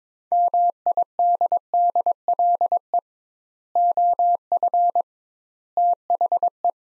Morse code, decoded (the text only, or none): MIDDLE OF THE